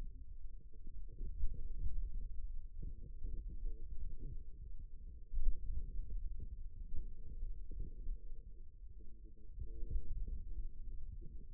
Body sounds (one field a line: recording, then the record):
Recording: forearm muscle sounds (acoustic myography)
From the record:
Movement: hand opening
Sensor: system 2, bracelet of six BSWA MPA416 microphones around the upper forearm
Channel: 3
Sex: male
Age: 22 years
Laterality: right